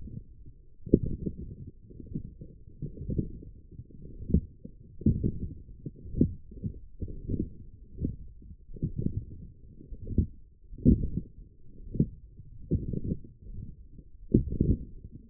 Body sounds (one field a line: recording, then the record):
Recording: forearm muscle sounds (acoustic myography)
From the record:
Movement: forearm pronation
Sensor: system 1, eight BSWA MPA416 microphones around the upper forearm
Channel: 2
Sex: female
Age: 20 years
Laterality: right